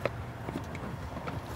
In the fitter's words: lock into place which is kind of neat and then they'll go down automatically and